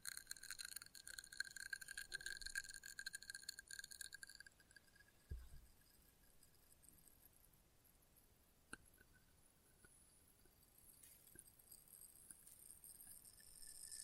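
Light glassy tinkling of test tubes fills the first four seconds with dense, bright ringing tones. A low thump lands near five seconds, then the sound thins to sparse clicks and taps, with a sharp knock near nine seconds and a faint shimmer returning toward the end.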